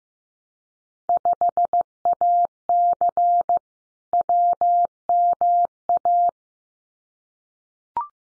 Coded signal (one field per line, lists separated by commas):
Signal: Morse code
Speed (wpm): 15 wpm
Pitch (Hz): 700 Hz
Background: none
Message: 5AC WMA